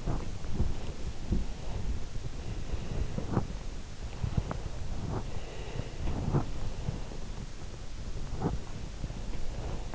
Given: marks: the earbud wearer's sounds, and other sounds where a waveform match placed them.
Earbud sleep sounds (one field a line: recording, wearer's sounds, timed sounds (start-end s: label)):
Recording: sounds in sleep by an in-ear microphone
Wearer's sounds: breath, body movement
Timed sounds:
0.00-1.25 s: breath
0.00-7.44 s: body movement
2.36-3.30 s: breath
5.34-6.37 s: breath